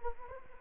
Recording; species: mosquito wingbeat signal from an infrared sensor; Anopheles arabiensis